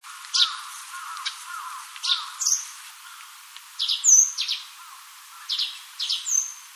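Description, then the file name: Russet sparrow song: bright, high chirps and sharp downslurred notes in loose bursts, with a few thin whistled slurs and a faint lower twitter between them. "nyunai"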